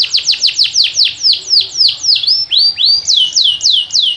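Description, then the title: Yorkshire canary singing a quick train of high descending notes, broken by a few longer sweeping notes before the quick notes return. Long, vigorous song. "Suara Burung Kenari Yorkshire Gacor Kicau Panjang"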